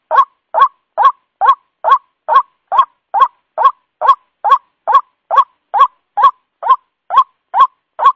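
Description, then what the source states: White-breasted waterhen repeating a short upslurred call roughly twice per second in a steady rhythm, nothing else audible. Lure call used to attract the bird.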